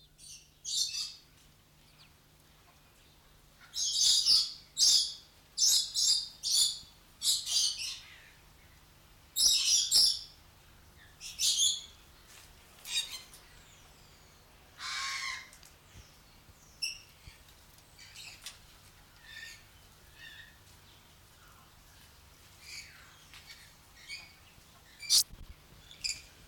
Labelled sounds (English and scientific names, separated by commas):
Pied Crow (Corvus albus) call